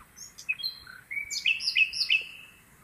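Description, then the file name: Common nightingale song, a varied phrase of short whistles and slurred notes building into a repeated, rhythmic series of rich, descending whistled notes. "Luscinia megarhynchos"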